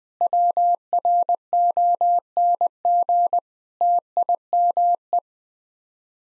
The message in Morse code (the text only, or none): WRONG TIME